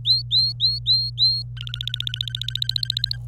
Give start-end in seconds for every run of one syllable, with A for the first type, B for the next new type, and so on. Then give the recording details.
0.05-1.42 A, 1.57-3.16 B. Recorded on 25 April 2018 at 17:29. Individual llb3